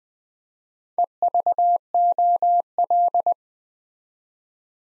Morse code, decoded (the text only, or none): EVOL